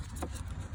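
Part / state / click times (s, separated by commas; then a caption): radiator fan shroud into radiator mounting clip / not seated / none. Someone handles the radiator fan shroud on a 2018 Ford Fiesta, pulling it back up slightly and pushing it toward its lower mounting slot on the radiator so the plastic clip can engage. A low, steady rumble fills the clip, with a brief brighter scrape near 0.2 seconds. Nothing has seated or clicked yet.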